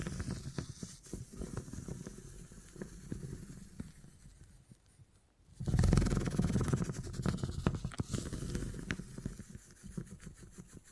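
Beeswax being handled, with soft crackling, sticky squishing and rubbing sounds. The texture is dense and low, dotted with quick clicks, and drops nearly to silence around five seconds before returning louder and fuller, then gradually easing toward the end.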